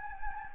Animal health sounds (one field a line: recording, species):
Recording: mosquito wingbeat signal from an infrared sensor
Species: Anopheles gambiae